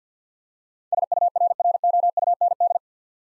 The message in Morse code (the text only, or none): SURROUND